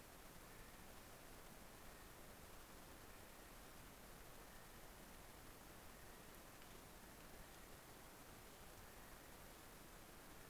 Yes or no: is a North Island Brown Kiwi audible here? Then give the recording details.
yes. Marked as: faintness 4/5. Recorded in New Zealand on 11 December 2011. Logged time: 00:43. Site DD66